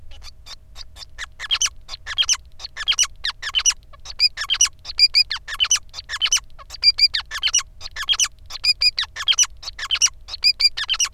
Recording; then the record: song of a male Bengalese finch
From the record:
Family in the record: son of father 5